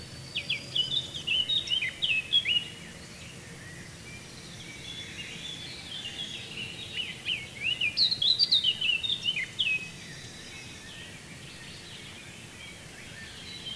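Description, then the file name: Eurasian blackcap song: two bursts of rapid, twittering warbled notes, one early and one near eight seconds, with quieter bird chatter and a steady low hiss between. "Sylvia atricapilla"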